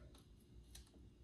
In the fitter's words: all right silent click but it clicked back over here we're going to start this thing right now